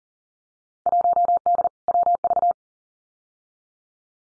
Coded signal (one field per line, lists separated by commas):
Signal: Morse code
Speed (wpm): 41 wpm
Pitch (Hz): 700 Hz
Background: none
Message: 1D WV